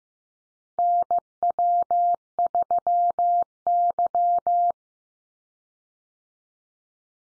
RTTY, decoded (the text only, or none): none